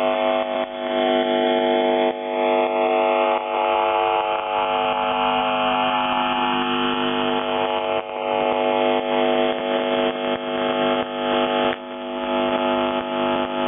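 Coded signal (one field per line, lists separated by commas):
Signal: channel marker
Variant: UVB-76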